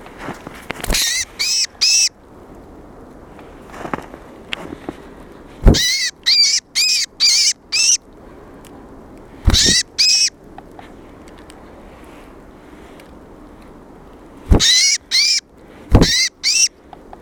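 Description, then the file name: Great tit giving harsh, rasping calls in quick bursts of several, pausing between bursts, with a few clicks. "Parus major"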